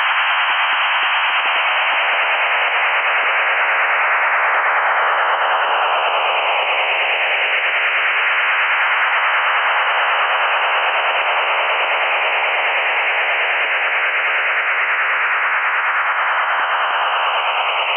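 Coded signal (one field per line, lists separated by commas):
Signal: HF data modem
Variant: STANAG 4285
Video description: Tuning PSK signal, decoding Stanag 4285 (text message)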